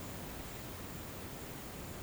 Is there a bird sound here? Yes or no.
no